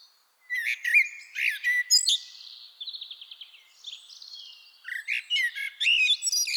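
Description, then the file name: Common blackbird song: mellow fluted notes broken by high squeaky twitters, a soft rattling trill in the middle, then more warbled phrases and chattering squeaks. "Turdus merula"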